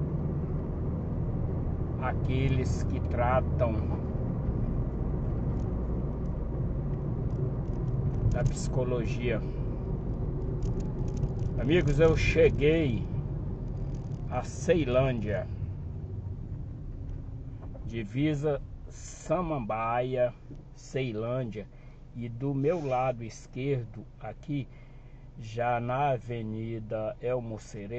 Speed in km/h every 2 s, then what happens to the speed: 63, 62, 62, 59, 53, 41, 29, 19, 10, 3, 0, 0, 0, 0.
0-19 slows to 0. 19-28 standing.